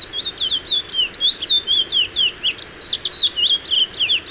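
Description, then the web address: Chestnut-bellied seed finch song, a rapid, continuous run of sweet whistled notes sliding up and down, about four notes a second, with no other clear sounds. Song recorded in the eastern lowlands of South America. "Natures Songs S America Eastern Lowlands. Oryzoborus angolensis, song"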